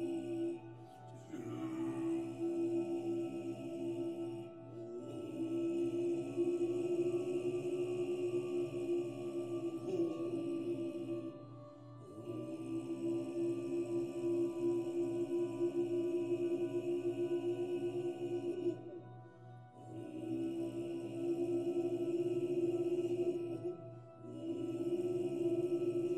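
Buddhist chanting in low, steady sustained tones, phrases held for several seconds with brief breaths between, and a faint high ringing above.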